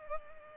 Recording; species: mosquito wingbeat signal from an infrared sensor; Culex pipiens